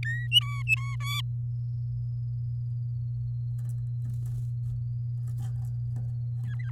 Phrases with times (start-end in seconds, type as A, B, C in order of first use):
0.03-0.27 A, 0.32-0.96 B, 1.00-1.21 C, 6.45-6.70 D